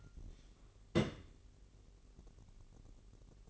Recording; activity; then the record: daily activity, microphone in the room; place on stove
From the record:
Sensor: 4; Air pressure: 1012.9 hPa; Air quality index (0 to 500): 238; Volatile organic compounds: 4 ppm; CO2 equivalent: 1587 ppm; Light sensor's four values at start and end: 31/73/30/30 and 31/74/30/30